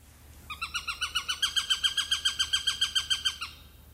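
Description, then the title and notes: Eurasian sparrowhawk giving a fast chattering call of many sharp repeated notes in a regular burst of about three seconds. "Viikon luontoääni: Varpushaukka. Juha Laaksonen. Yle"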